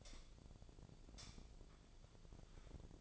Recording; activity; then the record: daily activity, microphone in the room; light on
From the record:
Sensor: 5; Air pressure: 1009.9 hPa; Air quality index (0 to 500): 159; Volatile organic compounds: 4 ppm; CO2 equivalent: 1547 ppm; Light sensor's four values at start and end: 170/432/180/193 and 170/433/181/193